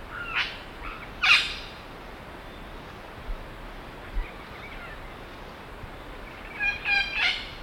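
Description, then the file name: Imperial amazon giving loud, grating squawks, a few sharp bursts early, then a short run of three harmonic calls at the end, with faint background noise. "imperial parrot"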